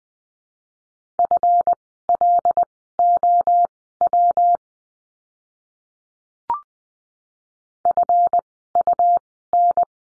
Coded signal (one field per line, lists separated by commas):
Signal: Morse code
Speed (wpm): 20 wpm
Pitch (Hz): 700 Hz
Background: none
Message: FLOW FUN